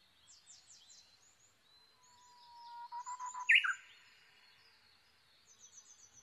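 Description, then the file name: Japanese bush warbler song: a long, steady low whistle swelling up, then a quick, loud flourish, with thin high chirps before and after. Recorded 22 May 2011 at 05:43, early morning. "uguisu-20110522-0543"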